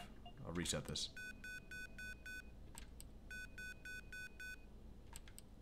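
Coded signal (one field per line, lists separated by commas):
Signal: none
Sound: a game's puzzle beeps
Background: speech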